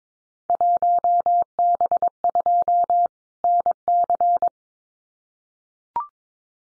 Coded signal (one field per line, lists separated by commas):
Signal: Morse code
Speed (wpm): 22 wpm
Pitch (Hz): 700 Hz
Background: none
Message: 1B2 NC